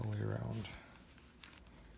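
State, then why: Seated. A replacement ear pad for Bose noise-canceling headphones is pressed with one hand around the rim of the ear cup while someone talks. A short snap at 1.4 s marks a section of the pad clicking into place, and the pad is seated.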